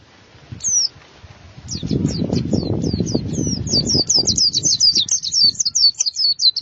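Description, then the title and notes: White-eye twittering: thin, high slurred notes repeated rapidly, growing denser toward the end, over a low rumbling background. "Suara kicauan burung pleci"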